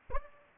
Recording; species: mosquito wingbeat signal from an infrared sensor; Aedes aegypti